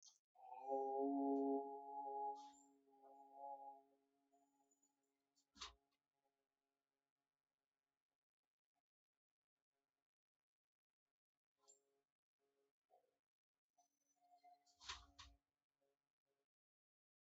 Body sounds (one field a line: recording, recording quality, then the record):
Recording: sustained vowel as in boot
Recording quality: excellent, no background noise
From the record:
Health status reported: healthy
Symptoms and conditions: none ticked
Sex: male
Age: 53 years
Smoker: yes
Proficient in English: yes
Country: India